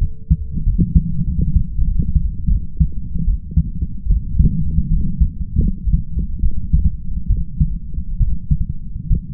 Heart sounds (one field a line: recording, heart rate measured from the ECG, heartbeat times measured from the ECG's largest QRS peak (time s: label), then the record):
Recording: heart sounds by stethoscope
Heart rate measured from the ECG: 78 bpm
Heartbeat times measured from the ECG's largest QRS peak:
0.64 s: heartbeat
1.24 s: heartbeat
1.85 s: heartbeat
2.49 s: heartbeat
3.25 s: heartbeat
4.08 s: heartbeat
4.88 s: heartbeat
5.61 s: heartbeat
6.40 s: heartbeat
7.28 s: heartbeat
8.18 s: heartbeat
9.08 s: heartbeat
From the record:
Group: healthy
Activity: light exercise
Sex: male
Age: 20 years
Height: 167 cm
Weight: 61 kg